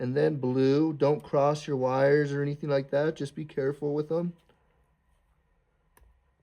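Someone talks, then the second wire connector, the blue one, is pushed onto its terminal on the back of the side mirror glass during a blind spot and heated mirror upgrade on an MK7 GTI/Golf R. A soft click at 6.0 s confirms the connector has seated.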